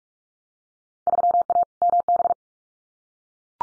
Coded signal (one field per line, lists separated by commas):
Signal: Morse code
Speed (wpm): 44 wpm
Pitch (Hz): 700 Hz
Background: none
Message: 3A MB